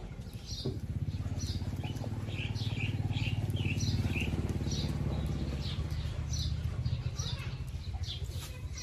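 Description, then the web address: Monkey chirps: rapid, high, short squeaks repeated several times a second over a steady low hum. "monkeys asmr"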